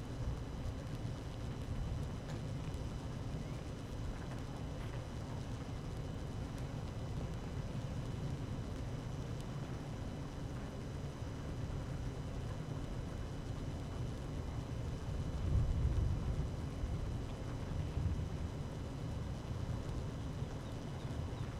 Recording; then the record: honeybee colony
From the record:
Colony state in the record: active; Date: 12 June 2018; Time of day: 12:39